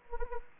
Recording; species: mosquito wingbeat signal from an infrared sensor; Anopheles gambiae